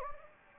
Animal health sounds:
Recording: mosquito wingbeat signal from an infrared sensor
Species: Anopheles gambiae

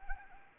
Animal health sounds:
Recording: mosquito wingbeat signal from an infrared sensor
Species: Anopheles arabiensis

